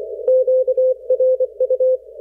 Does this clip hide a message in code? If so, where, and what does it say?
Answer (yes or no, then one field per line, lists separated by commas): yes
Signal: Morse code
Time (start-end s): 0.3-2.0 s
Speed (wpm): 25 wpm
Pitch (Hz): 530 Hz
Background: none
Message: QRU